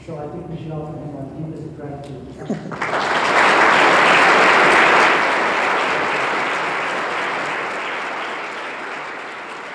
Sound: applause and cheering